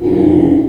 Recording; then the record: squeal of a Yucatan mini pig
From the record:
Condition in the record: before surgery on the right vocal fold (resection and tissue-engineered implant); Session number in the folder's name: 2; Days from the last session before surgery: -15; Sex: female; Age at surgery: 19 weeks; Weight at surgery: 25 kg